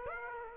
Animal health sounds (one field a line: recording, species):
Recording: mosquito wingbeat signal from an infrared sensor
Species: Aedes aegypti